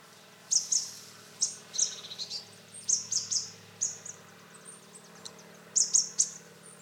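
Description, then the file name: Marsh tit giving high, thin chirps in pairs and small clusters, above a faint constant low hum. "Poecile palustris"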